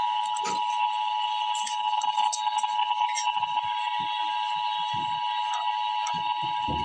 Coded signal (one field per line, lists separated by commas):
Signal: Emergency Alert System (SAME) tones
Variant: 853 and 960 Hz attention tone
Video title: Emergency Alert System - Special Weather Statement - Dec 26, 2025 at 10:46 AM EST